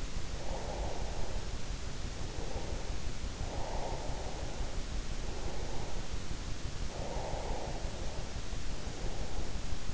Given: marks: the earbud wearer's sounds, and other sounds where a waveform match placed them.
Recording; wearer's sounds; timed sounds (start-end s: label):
sounds in sleep by an in-ear microphone; breath
0.00-3.15 s: breath
3.22-6.41 s: breath
6.68-9.87 s: breath